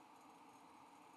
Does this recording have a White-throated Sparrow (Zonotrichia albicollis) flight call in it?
no